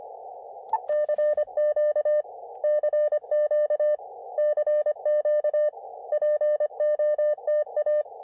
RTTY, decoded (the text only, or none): none